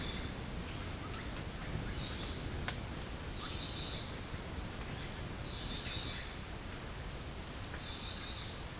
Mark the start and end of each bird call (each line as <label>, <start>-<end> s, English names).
Russet-backed Oropendola, 0.00-6.44 s
Boat-billed Flycatcher, 0.00-8.80 s